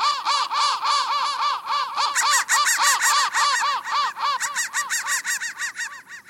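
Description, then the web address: Crow: harsh cawing in a rapid, steady series of rasping notes that gradually grows softer toward the end. "soundfactory crow"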